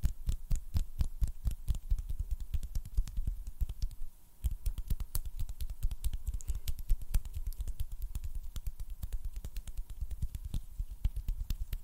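Hand sounds and snapping come as a dense, irregular stream of sharp dry clicks, with a brief lull just after four seconds.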